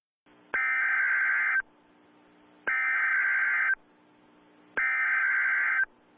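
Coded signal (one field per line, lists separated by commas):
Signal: Emergency Alert System (SAME) tones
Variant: header bursts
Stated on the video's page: Mock EAS scenario set in Puerto Rico.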